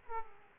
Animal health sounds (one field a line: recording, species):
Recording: mosquito wingbeat signal from an infrared sensor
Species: Aedes aegypti